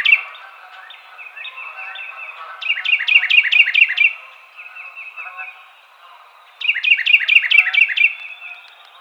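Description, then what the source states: Carolina wren singing loud rolling phrases of repeated ringing notes, each burst of several quick syllables, separated by softer trilled stretches. Recorded 23 April 2007.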